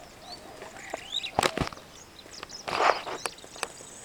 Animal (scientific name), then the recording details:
Lamprotornis superbus. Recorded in Kenya on 2 June 2010. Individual 12, of group CF1